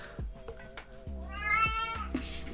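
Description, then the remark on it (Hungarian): A cat meows insistently, letting out a long, drawn-out, whining meow in the middle between shorter calls, with a few soft low thumps underneath. “Rossz színben próbál feltüntetni ez a macska a saját streamemben.”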